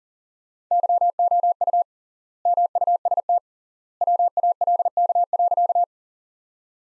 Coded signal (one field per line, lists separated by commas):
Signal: Morse code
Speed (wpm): 40 wpm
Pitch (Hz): 700 Hz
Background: none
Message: YOU MUST WALK.